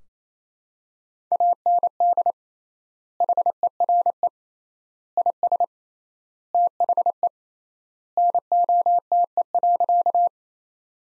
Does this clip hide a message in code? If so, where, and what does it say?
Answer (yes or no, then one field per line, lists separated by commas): yes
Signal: Morse code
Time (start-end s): 1.3-10.3 s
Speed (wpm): 28 wpm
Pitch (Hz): 700 Hz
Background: none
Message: AND HERE IS THE NOTE.